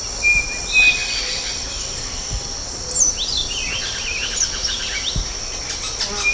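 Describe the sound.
Birds chirping and whistling, with quick descending notes around three seconds and short level whistles, above a constant high-pitched insect hum and a few low thumps.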